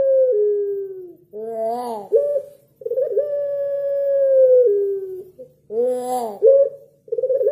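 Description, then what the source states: Barbary dove cooing: long steady low coo that drops in pitch at its end, then a short harsh rising-falling rolled note, the pattern heard twice with brief pauses. White Barbary dove; used as training material for songbirds to copy.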